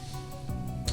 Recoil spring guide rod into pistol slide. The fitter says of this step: until it locks into place